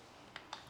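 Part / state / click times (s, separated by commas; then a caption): telescoping carry handle locking into an electric unicycle body / seated / 0.4 s, 0.5 s. An InMotion V12 electric unicycle's telescoping carry handle, released by a switch at the bottom, is flipped up into the unicycle body. Two sharp clicks are heard at 0.4 s and 0.5 s, followed by a faint tick near 0.7 s. The folding handle locks upright and is seated.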